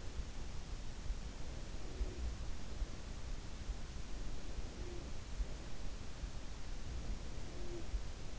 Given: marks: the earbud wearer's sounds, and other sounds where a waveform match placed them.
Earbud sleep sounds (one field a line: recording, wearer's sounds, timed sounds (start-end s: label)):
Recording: sounds in sleep by an in-ear microphone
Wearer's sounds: breath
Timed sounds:
1.11-2.60 s: breath
4.03-5.56 s: breath
6.72-8.25 s: breath